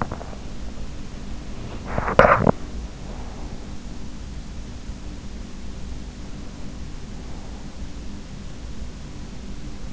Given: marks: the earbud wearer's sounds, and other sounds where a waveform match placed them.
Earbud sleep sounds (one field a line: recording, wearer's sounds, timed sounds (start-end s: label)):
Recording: sounds in sleep by an in-ear microphone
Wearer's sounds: teeth grinding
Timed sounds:
0.00-2.79 s: teeth grinding